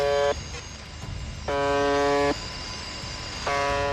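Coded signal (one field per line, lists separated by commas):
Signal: channel marker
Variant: UVB-76 (The Buzzer)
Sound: harsh low buzzes, each under a second, repeating about every two seconds through hiss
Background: radio static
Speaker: 자, 라디오에서 끊임없이 들려오는 의문의 버음.이 음.이 >> 소리는 1분에 약 25번씩 24시간 내내 송출됩니다.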